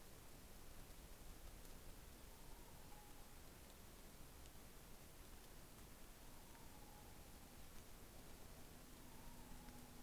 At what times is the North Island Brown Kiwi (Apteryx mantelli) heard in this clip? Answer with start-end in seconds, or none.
none